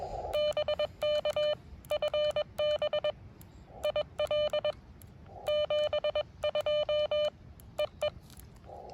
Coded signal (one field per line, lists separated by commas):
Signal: Morse code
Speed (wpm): 21 wpm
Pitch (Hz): 590 Hz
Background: none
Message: BK FB IL 72 EE